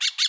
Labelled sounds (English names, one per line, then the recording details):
Brown-throated Parakeet contact call
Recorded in Bonaire
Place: just S of turnoff to Cai, near Lac Bay
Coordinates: 12.126, -68.239